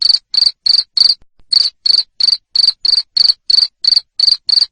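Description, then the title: Cricket chirp series: high buzzy pulses about three per second, interrupted by a short gap after the first four before resuming steadily. Loud cricket chirping (ngerik) to stimulate lovebirds into continuous singing (ngekek). "Suara JANGKRIK NGERIK Keras Bikin LOVEBIRD Jadi NGEKEK Terus Vubey"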